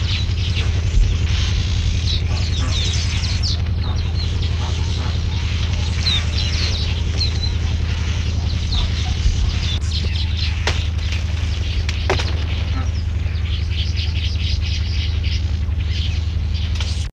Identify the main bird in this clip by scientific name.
Ploceus velatus